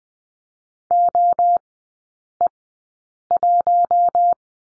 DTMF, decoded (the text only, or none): none